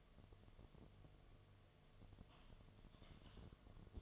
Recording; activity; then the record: daily activity, microphone in the room; typing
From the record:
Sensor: 4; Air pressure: 1005.2 hPa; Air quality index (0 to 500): 182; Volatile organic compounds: 5 ppm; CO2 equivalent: 1791 ppm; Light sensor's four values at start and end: 6/12/5/4 and 6/12/5/4